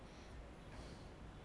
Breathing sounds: one breath in and out by a microphone near the nose and mouth; normal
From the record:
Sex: male

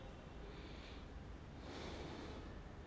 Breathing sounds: one breath in and out by a microphone near the nose and mouth; normal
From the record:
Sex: male

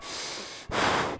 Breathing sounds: one breath in and out by a microphone near the nose and mouth; strong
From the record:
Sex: male

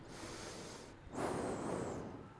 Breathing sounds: one breath in and out by a microphone near the nose and mouth; normal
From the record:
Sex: male

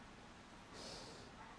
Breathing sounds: one breath in and out by a microphone near the nose and mouth; normal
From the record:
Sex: male

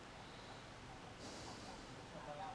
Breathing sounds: one breath in and out by a microphone near the nose and mouth; normal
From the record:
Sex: male

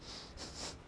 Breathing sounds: one breath in and out by a microphone near the nose and mouth; strong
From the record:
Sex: male

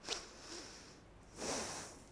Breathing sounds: one breath in and out by a microphone near the nose and mouth; deep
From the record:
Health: marked as sick, illness not named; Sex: female

